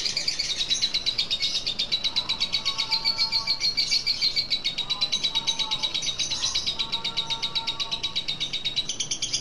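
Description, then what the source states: Lovebird chattering call: fast high pulsed chatter, with short lower whistled notes cutting in several times. Lutino lovebird; ngekek chattering call, used for training.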